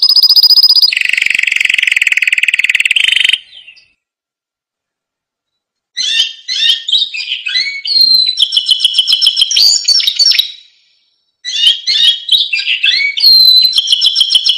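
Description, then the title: Canary song opening with a long buzzy trill, then a pause of about two and a half seconds, followed by rapid chattering tours of repeated high notes broken by a brief silent gap. Canary singing energetically with a full, varied repertoire; a tutor recording for lovebirds, white-rumped shamas, canaries and leafbirds. "Masteran Kenari Gacor Full Isian Untuk Lovebird, Murai Batu, Kenari, Cucak Ijo"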